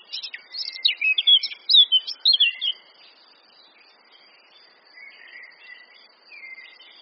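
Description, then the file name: Eurasian blackcap song: a loud run of rich, fluty whistled notes lasting about three seconds, followed by soft, quiet warbling. "Sylvia atricapilla"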